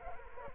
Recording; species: mosquito wingbeat signal from an infrared sensor; Culex quinquefasciatus